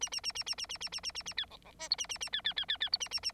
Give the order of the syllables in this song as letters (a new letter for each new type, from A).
A A A A A A A A A A A A B C C D E A A A B B B B B E A A A